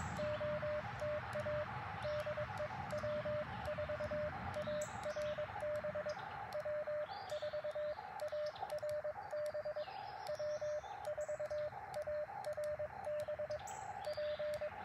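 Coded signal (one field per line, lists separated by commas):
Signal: Morse code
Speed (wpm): 22 wpm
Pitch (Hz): 600 Hz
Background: radio noise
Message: OTA DE W4ARB W4ARB W4ARB P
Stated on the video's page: QRP CW Parks on the Air activation in early morning, Elecraft KX2 keyed with BaMaKeY TP-III paddles, Chameleon MPAS Lite antenna.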